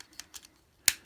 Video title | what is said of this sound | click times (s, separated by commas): Shinkansen Henkei Robo Shinkalion Z The Animation 500 Osakakanjyo Set Review | and they just kind of snap right in there and it's nice because you have really nice ratchets here | 0.9 s